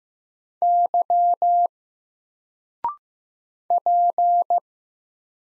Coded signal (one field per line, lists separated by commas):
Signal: Morse code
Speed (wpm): 15 wpm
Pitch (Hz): 700 Hz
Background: none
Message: Y P